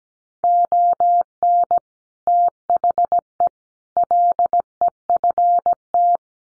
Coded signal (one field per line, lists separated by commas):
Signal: Morse code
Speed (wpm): 17 wpm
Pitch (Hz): 700 Hz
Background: none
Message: ON THE LEFT